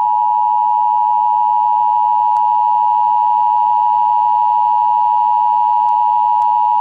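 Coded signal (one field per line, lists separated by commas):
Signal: Emergency Alert System (SAME) tones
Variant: 853 and 960 Hz attention tone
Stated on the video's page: Real off-air recording of an avalanche watch for Utah; the original EAS header was not captured.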